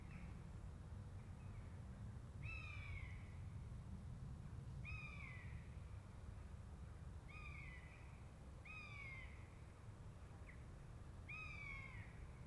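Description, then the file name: Buzzard mewing calls, several drawn-out downslurred cries over a steady low rumble. A pair of buzzards. "jl buzzard pair"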